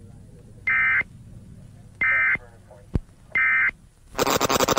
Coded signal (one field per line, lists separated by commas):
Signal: Emergency Alert System (SAME) tones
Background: speech